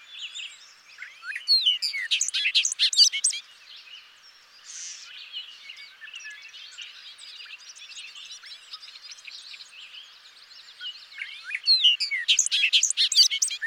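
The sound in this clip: Bobolink song: loud bubbling bursts of metallic notes at the start and end, with softer babbling in between.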